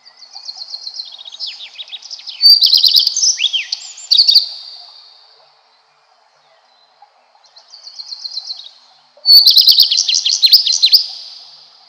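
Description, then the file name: Common Redstart song: two high, twittering phrases of quick repeated notes with a downward slur, each beginning softly and ending in a bright burst, separated by about two seconds of quiet. "Golosa ptic - Gorihvostka lysushka"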